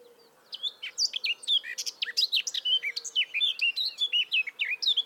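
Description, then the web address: Eurasian blackcap singing a lively, jumbled warble of short whistled and scratchy notes, quickly rising and dropping in pitch, continuous after a brief silent start; faint low hum behind. "SETE data Sylvia atricapilla"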